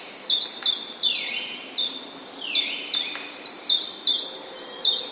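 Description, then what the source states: Common chiffchaff singing sharp alternating chiff-chaff notes in a rapid series, with a couple of lower descending sweeps mixed in. Recorded on 16 April 2011.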